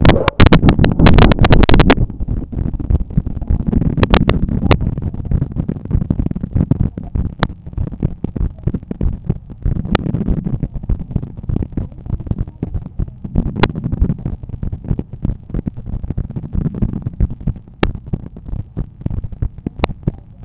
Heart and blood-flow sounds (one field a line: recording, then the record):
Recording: heart sounds by stethoscope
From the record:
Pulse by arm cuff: 93 bpm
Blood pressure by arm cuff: 145/88 mmHg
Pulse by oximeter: 95 bpm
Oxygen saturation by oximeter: 96%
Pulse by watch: 103 bpm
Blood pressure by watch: 128/84 mmHg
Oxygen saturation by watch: 97%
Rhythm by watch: sinus rhythm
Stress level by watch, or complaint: low stress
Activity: after 5 min smoking and 1 beer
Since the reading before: plus 400 steps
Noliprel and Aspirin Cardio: no pills today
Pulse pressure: 57 mmHg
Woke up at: 7:30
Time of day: 17:50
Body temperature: 36.4 C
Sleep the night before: 9 h 22 min, score 68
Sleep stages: REM 22%, light 66%, deep 4%, awake 8%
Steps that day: 11800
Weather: sunny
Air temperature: 21 C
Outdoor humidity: 65%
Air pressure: 1014 hPa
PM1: 4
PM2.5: 6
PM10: 8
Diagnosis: hypertension, treated with Noliprel and Aspirin Cardio 100 mg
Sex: male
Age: 53 years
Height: 174 cm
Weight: 81 kg